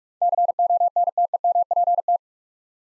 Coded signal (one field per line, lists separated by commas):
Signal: Morse code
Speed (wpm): 45 wpm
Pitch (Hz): 700 Hz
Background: none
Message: CONTEMPT